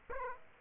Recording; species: mosquito wingbeat signal from an infrared sensor; Aedes aegypti